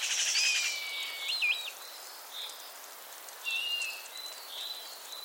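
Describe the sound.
Common starling producing a buzzy rattle, then flat and wavering whistles, a looping whistled phrase, and softer squeaky notes over faint hiss.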